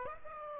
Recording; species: mosquito wingbeat signal from an infrared sensor; Aedes aegypti